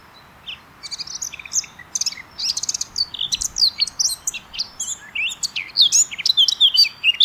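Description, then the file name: Eurasian blackcap song starting after a short quiet moment, then a lively run of varied chirps and slurred whistles that builds in loudness. "Sylvia atricapilla"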